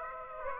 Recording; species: mosquito wingbeat signal from an infrared sensor; Aedes aegypti